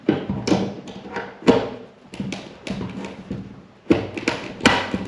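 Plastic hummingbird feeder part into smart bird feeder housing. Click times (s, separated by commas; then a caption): 4.7 s. A plastic hummingbird feeder add-on part is pushed onto the housing of a Netvue Birdfy Pro smart bird feeder, producing a series of plastic taps and thuds. The loudest, sharpest hit at 4.7 s is the part snapping into place, and it is seated.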